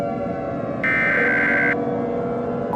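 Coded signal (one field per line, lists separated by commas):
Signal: Emergency Alert System (SAME) tones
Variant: header bursts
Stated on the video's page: Valid EAS tones in a fictional EAS scenario; the alert is simulated.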